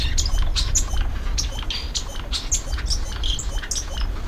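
Hummingbird giving rapid, irregular high chips and squeaky ticks, several per second, over constant low-pitched background rumble.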